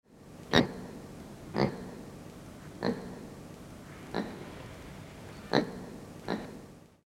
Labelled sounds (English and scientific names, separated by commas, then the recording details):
Brown Lemur (Eulemur fulvus)
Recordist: Tembrock, Günter
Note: Laute